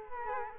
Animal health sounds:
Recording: mosquito wingbeat signal from an infrared sensor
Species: Culex quinquefasciatus

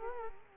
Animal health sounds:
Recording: mosquito wingbeat signal from an infrared sensor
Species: Culex quinquefasciatus

